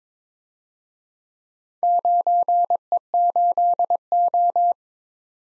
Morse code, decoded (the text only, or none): 9E8O